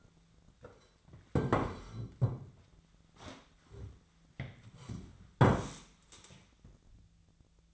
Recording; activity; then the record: daily activity, microphone in the room; sit down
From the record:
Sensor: 3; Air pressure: 1008.1 hPa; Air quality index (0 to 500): 193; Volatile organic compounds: 14 ppm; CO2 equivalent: 2474 ppm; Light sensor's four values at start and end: 11/27/11/12 and 13/31/13/13